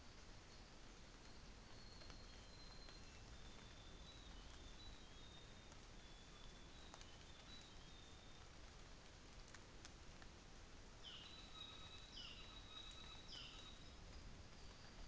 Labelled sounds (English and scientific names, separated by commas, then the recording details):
North Island Saddleback (Philesturnus rufusater)
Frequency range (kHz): North Island Saddleback (Philesturnus rufusater) 1.2-7.0 kHz
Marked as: faintness 3/5
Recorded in New Zealand on 24 December 2018
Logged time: 09:00